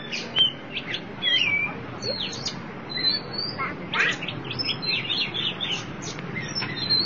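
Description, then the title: Oriental magpie-robin song: varied whistled phrases and sharp chirps in quick irregular bursts over a low background hum. Chirping song (kicauan) of the bird. "Suara Kicauan Burung Kacer Durasi Panjang"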